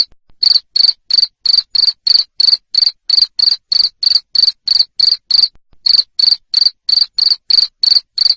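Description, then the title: Cricket chirping starts after a moment, then runs on in steady high pulses near three per second, briefly interrupted once. Loud cricket chirping (jangkrik ngerik) played to stimulate lovebirds to sing continuously (ngekek). "Suara JANGKRIK NGERIK Keras Bikin LOVEBIRD Jadi NGEKEK Terus Vubey"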